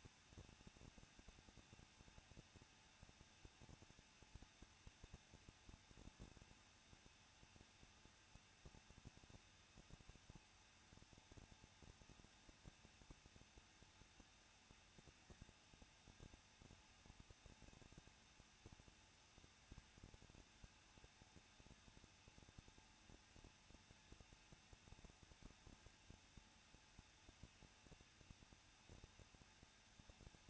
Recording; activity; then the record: daily activity, microphone in the room; no activity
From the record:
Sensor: 2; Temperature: 21.0 degrees Celsius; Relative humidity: 37.6%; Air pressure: 1006.3 hPa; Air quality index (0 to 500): 224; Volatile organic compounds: 25 ppm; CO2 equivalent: 2847 ppm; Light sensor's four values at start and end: 2/3/2/2 and 2/3/2/2